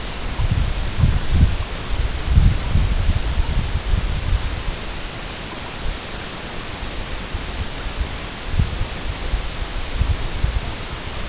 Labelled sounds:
none

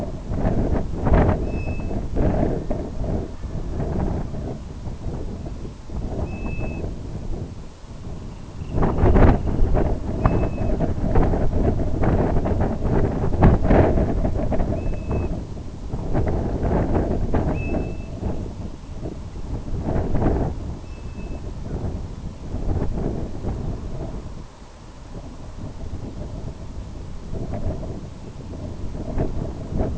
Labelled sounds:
Grey Plover (Pluvialis squatarola), unidentified sound, Semipalmated Sandpiper (Calidris pusilla)

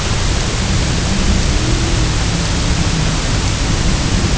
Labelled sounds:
none

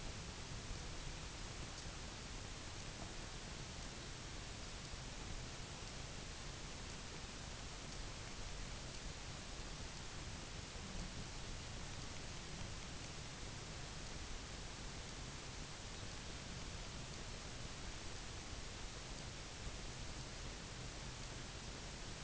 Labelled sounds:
none

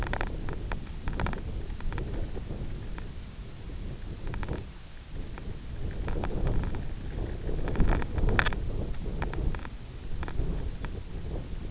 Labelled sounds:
none

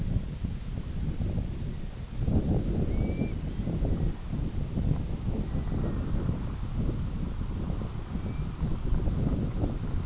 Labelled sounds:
unidentified sound, Red-throated Loon (Gavia stellata)

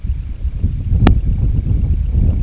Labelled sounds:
Semipalmated Sandpiper (Calidris pusilla)

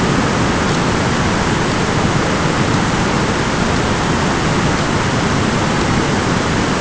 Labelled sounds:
none

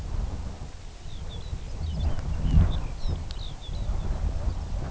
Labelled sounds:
Lapland Longspur (Calcarius lapponicus)

